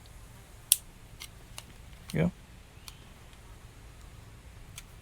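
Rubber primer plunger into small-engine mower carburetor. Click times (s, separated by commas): 0.7 s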